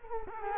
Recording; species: mosquito wingbeat signal from an infrared sensor; Culex quinquefasciatus